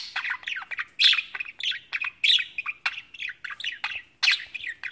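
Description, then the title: Budgerigar warble, a run of varied chirps, squeaks and rasping notes, with louder accented squawks now and then. "Budgie Sounds"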